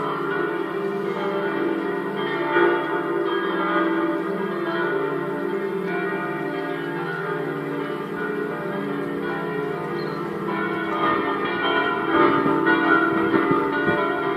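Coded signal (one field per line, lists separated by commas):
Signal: bell signal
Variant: five swung church bells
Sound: several large church bells swinging and clanging continuously in overlapping, rolling peals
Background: outdoor ambience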